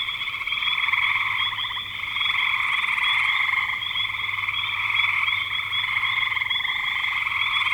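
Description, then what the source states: A chorus of frogs, continuous overlapping pulsed trills throughout. Frogs recorded in spring 2025.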